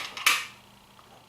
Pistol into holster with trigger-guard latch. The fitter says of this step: slide it in locks into place will not come out until you hit this little latch right here